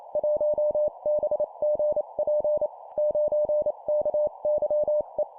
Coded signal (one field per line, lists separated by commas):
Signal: Morse code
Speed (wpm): 28 wpm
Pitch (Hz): 600 Hz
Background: none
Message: 1BGP 9KYE